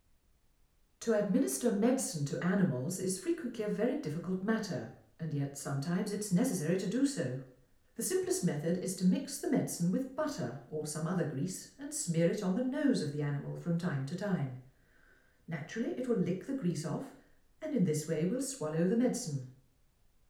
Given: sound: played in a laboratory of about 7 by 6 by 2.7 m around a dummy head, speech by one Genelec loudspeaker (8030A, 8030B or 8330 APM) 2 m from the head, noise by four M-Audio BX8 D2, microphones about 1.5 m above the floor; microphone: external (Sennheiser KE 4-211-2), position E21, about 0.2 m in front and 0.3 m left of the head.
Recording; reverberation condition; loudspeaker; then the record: female speech in English; medium; behind (180 degrees)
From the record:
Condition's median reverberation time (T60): about 510 ms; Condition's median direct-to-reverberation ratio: about -0.5 dB